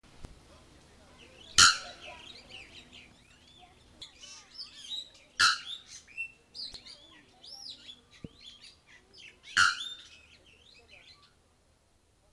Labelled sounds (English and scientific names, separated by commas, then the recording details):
Bare-throated Bellbird (Procnias nudicollis) call
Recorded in captivity
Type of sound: call
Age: subadult
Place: Zoo Berlin, Berlin, DE
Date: 2002-09-04 15:51
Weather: fair, 24 - 26°C
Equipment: Nagra SN, Kopie Uher 4000 Report Monitor
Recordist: Tembrock, Günter
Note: Rufe (noch nicht ausgefärbtes Tier)